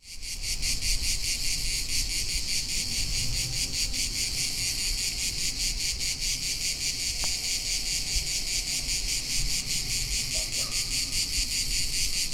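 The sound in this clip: Cicadas in a loud, shrill, unbroken buzzing drone with a fast, even pulsing rhythm, plus a soft low background hum.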